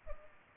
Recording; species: mosquito wingbeat signal from an infrared sensor; Culex pipiens